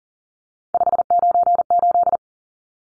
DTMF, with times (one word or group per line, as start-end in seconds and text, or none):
none